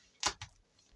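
A plastic air-assist hose for an Acmer P1 10W laser cutter and engraver is pushed by pressure into a push-to-connect fitting with a blue release collar. A loud broadband rustle at about 0.25 s is followed by a sharp tick at 0.4 s as the hose seats, then only faint low noise remains. The hose is seated in the fitting.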